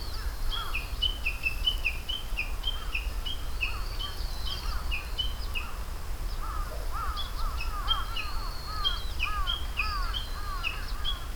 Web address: atelier sound 140324 uguisu